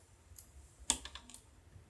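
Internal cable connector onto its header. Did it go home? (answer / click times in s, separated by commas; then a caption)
yes / 0.9 s. An internal cable connector is pushed onto its header while the cables are tucked behind the AIO tubes. A sharp click at 0.9 s marks it seating, with a few lighter ticks after it. The connector is confirmed seated.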